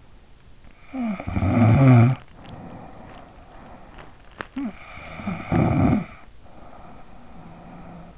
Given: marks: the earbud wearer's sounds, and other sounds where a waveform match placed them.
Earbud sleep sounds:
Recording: sounds in sleep by an in-ear microphone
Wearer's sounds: snoring breath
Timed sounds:
0.35-8.17 s: snoring breath

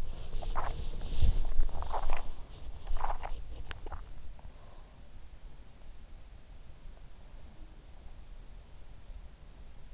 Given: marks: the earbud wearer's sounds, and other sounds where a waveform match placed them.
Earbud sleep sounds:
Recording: sounds in sleep by an in-ear microphone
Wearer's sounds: body movement, teeth grinding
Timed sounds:
0.00-3.94 s: body movement
3.52-4.14 s: teeth grinding

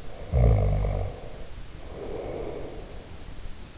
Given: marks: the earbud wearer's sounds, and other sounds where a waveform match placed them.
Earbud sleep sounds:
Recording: sounds in sleep by an in-ear microphone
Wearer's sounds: snoring breath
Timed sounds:
0.10-3.02 s: snoring breath

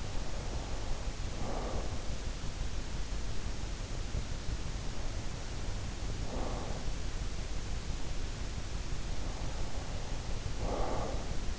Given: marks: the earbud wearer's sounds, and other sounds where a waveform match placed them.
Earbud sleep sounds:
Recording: sounds in sleep by an in-ear microphone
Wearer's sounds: breath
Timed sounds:
0.00-2.04 s: breath
5.75-7.18 s: breath
9.19-11.59 s: breath

